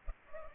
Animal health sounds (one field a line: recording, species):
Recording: mosquito wingbeat signal from an infrared sensor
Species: Culex pipiens